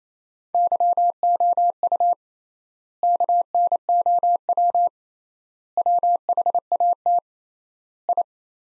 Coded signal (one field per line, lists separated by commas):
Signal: Morse code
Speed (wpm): 28 wpm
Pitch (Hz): 700 Hz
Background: none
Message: YOU KNOW WHAT I